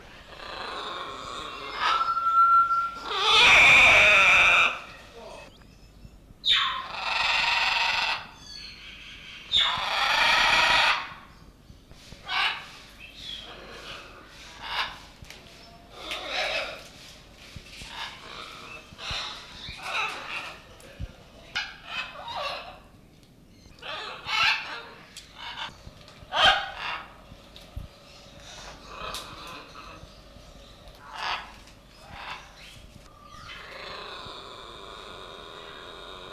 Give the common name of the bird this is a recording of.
Red-and-green Macaw